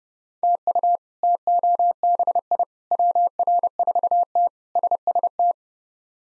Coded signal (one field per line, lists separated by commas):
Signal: Morse code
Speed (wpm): 30 wpm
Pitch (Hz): 700 Hz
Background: none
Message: TU TOBI WR4T SST